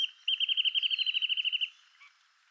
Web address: songs Wrentit